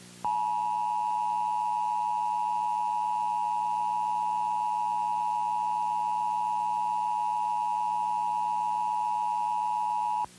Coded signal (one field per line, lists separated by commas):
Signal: Emergency Alert System (SAME) tones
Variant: 853 and 960 Hz attention tone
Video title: EAS Mock #37: Nuclear Terrorism.